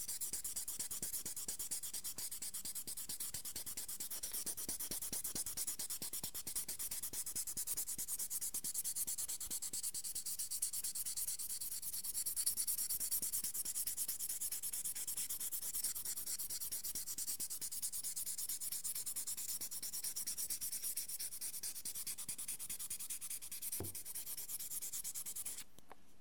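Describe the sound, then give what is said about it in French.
Steady, continuous hissing scrape of abrasive paper, re-dipped in water, rubbed by hand over a wet lacquered surface to sand out shiny low spots until the surface is even and matte, with fine rapid back-and-forth strokes and a bright, even texture throughout, no talking. “Et je vais continuer mon ponçage.”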